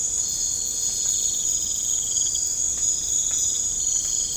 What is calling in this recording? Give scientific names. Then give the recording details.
none. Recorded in pastures near Puerto Asís, Putumayo, Colombia, on 18 December 2024 at 00:00. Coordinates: 0.496, -76.326. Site G004